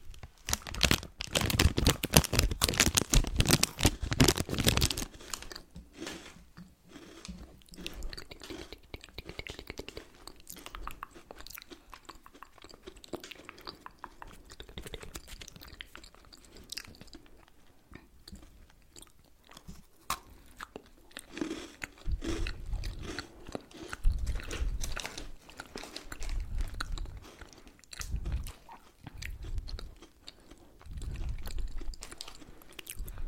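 Someone eats candy and chocolate with wet mouth sounds and chewing, opening with loud dense crunching, then quieter irregular smacks and bites.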